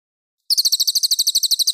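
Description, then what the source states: Cililin song: a short burst of quick, high-pitched pulsed notes delivered in an even, rapid trill. Clear song.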